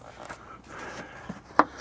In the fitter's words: and you should hear it snap pretty much